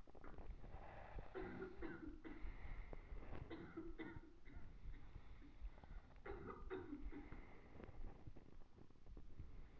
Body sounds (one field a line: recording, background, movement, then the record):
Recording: deep breathing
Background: a bystander coughing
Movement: sitting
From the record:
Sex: male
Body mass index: 21.0 kg/m2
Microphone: on the chest, facing the body